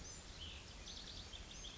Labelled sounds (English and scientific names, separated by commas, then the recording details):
Cassin's Vireo (Vireo cassinii)
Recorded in Sonoma County, California